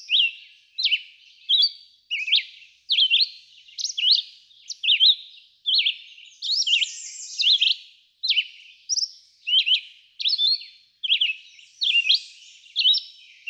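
Red-eyed vireo repeating short varied whistled phrases, rising and falling, about once a second in a continuous run.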